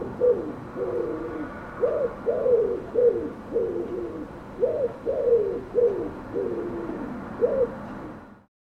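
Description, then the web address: Bird cooing, a long series of soft, low coos over about eight seconds. "cianscape birddata Deverinetal 2025"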